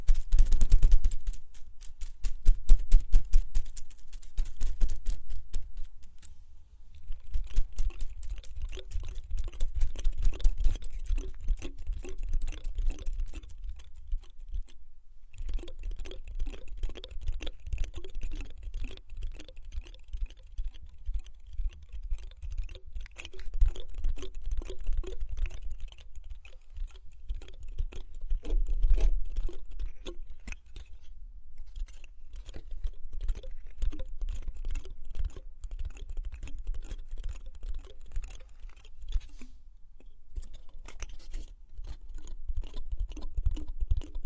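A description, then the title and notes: Plants are rubbed in circles around the ears, making a dense, crackly rustle of quick little clicks and scratches. The rustling runs almost without pause, with brief quieter dips around 7, 15, 27 and 38 seconds, and a soft low rumble underneath. Massage the ears with plants, make circles around your ears.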